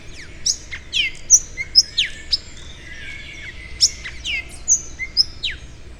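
Bird chirping busily: sharp, descending high whistles and short tweets come at a brisk, irregular pace over steady low background noise.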